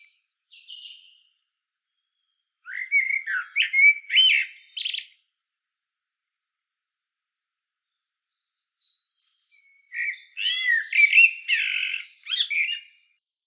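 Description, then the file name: Common blackbird song: two phrases, each ending in a high, squeaky twitter, separated by a few seconds of silence. "Turdus merula"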